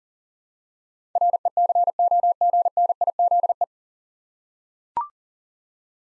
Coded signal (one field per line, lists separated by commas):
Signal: Morse code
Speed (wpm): 39 wpm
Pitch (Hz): 700 Hz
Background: none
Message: RECOGNIZE